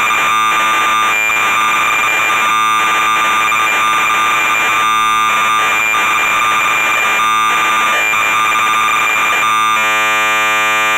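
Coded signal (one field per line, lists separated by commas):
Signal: computer data on cassette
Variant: MSX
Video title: MSX VG-8020 - SPITFIRE 40 - Cassette Tape Loading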